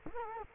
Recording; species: mosquito wingbeat signal from an infrared sensor; Culex quinquefasciatus